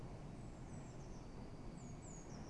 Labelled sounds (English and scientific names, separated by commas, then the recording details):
Eurasian Blue Tit (Cyanistes caeruleus)
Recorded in Germany
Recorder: ecoPi